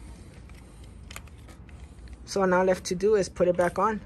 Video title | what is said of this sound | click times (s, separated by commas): Installing 2-tone Color Matched door handles on my Silverado | sure it's in the right spot, and it clicks right in. | 1.1 s, 1.2 s